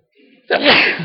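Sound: sneeze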